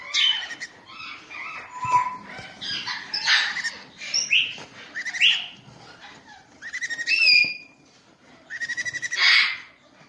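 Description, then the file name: Green-cheeked parakeet chattering in a varied run of rasping squawks, short clicks and brief whistled notes, coming in uneven bursts about every two seconds. "sound green check parrot"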